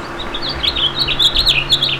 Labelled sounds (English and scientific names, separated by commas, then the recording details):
House Finch (Haemorhous mexicanus) song
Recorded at Merrick on Long Island, New York, on 17 May 2013
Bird B